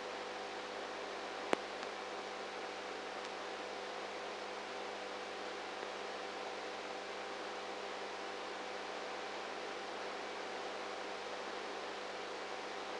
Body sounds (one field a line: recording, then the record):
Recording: brain microelectrode recording played as sound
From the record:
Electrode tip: inside the subthalamic nucleus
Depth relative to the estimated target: -1 mm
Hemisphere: right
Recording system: NeuroSet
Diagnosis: Parkinson's disease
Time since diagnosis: 19 years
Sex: female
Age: 58 years